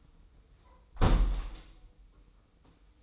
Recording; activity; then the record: daily activity, microphone in the room; close window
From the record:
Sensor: 1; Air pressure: 990.3 hPa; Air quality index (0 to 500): 173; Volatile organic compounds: 1000 ppm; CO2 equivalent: 6338 ppm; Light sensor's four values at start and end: 22/49/21/23 and 21/48/21/22